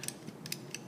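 The plastic locking mechanism of a Warrior EVO WARP lacrosse head is slid down onto the shaft, with thin lined up to thin and thicker to thicker. Small sharp ratchet clicks sound at about 0.0, 0.1, 0.5, 0.5 and 0.8 seconds as the lock begins to engage. The head is not yet fully home, and it is kept from going too far once it starts to lock.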